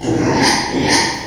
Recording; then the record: squeal of a Yucatan mini pig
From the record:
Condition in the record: before surgery on the right vocal fold (resection and tissue-engineered implant); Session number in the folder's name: 2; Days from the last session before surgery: 0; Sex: male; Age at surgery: 12 weeks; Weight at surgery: 13 kg